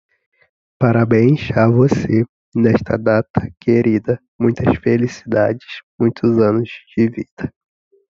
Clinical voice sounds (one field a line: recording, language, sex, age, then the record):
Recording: short text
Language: Brazilian Portuguese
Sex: male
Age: 20 to 29 years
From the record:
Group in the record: control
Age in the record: 24 years